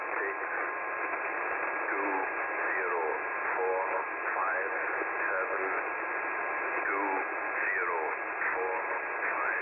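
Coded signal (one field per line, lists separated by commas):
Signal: numbers station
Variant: E06, English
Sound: faint voice reading words at roughly even intervals through heavy shortwave static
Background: radio static, heterodyne tone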